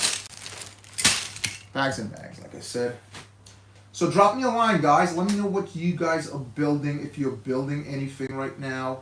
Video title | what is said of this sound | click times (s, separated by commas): Streamer is live | So, this one goes there. And that locks in place. | 1.5 s